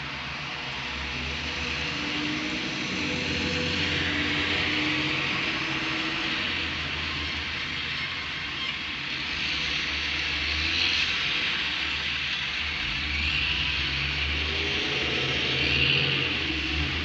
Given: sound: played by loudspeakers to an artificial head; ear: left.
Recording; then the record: road traffic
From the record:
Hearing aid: class 1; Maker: A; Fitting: closed earmoulds, the maker's default for a moderate loss (N3)